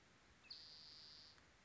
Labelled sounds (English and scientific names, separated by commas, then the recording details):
Spotted Towhee (Pipilo maculatus)
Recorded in Sonoma County, California